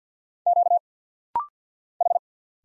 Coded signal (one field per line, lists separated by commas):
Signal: Morse code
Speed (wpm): 50 wpm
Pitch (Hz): 700 Hz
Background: none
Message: Q H